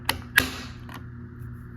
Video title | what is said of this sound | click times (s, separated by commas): How to change the battery in a Liftmaster gate remote control diy video #liftmaster #remotecontrol | Should hear it click, and then when you push the button you can see that it's | 0.1 s, 0.4 s